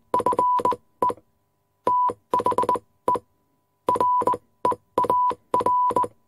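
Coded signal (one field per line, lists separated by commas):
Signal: Morse code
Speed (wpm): 19 wpm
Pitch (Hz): 990 Hz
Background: none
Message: FE THERE AR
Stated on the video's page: Morse telegraph sound effect within a war room ambience with typewriters.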